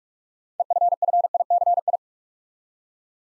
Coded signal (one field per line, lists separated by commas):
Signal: Morse code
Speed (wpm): 44 wpm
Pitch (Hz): 700 Hz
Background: none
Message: EFFICI